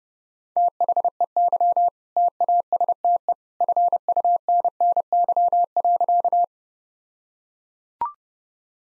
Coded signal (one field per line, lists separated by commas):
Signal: Morse code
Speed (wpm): 28 wpm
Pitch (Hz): 700 Hz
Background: none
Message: THEY TASTE FUNNY.